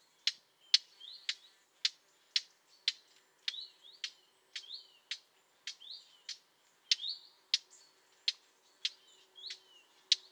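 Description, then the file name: Eurasian blackcap giving hard, clicking tack calls, repeated about twice a second, with softer chirping notes between them. "Sylvia atricapilla"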